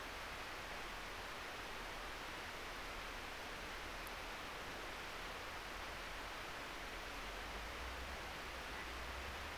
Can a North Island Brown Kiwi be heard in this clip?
no